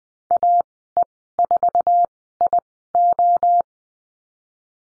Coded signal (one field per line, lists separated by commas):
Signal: Morse code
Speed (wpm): 20 wpm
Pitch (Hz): 700 Hz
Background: none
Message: AE4IO